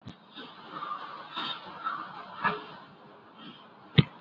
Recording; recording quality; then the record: shallow breathing; moderate, slight background noise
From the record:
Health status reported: COVID-19 positive, mild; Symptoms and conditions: cough, cold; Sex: male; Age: 54 years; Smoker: not ticked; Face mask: worn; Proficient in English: yes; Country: India